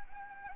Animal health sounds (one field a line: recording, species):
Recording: mosquito wingbeat signal from an infrared sensor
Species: Anopheles gambiae